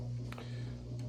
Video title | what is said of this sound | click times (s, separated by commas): LEGO Insectoid versus Mars Mission 🤔🤗 | It slides in, locks in place. | 0.3 s